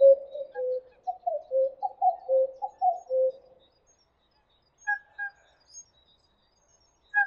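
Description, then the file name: Common cuckoo calling a series of cu-coo notes, higher notes followed by lower ones, over about three seconds, then a few higher thin notes from another bird. "kuckuck"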